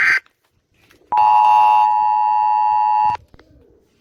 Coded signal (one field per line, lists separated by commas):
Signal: Emergency Alert System (SAME) tones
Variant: 853 and 960 Hz attention tone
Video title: Eas alarm for all countries